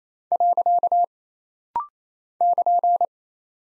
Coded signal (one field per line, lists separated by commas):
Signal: Morse code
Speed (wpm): 27 wpm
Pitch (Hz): 700 Hz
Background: none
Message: . <KN>